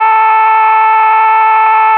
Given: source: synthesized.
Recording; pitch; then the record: sustained vowel /a/; 440 Hz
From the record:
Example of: jitter, sigma 0.01